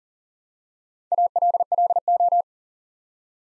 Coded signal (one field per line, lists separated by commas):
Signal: Morse code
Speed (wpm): 40 wpm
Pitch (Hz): 700 Hz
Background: none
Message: ALLO